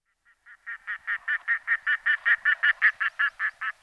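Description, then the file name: Red-throated loon giving a fast, steady string of goose-like quacking notes, swelling quickly after a couple of soft opening notes. "Potaplice mala Gavia stellata"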